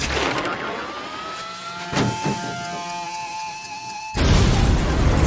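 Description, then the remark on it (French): A 4x4 vehicle explodes: a steady mechanical whine with a short burst partway through, then a sudden loud roaring blast that keeps rumbling to the end. No one speaks. “Et c'est pas ton 4x4? Oh, ben c'est pas de chance.”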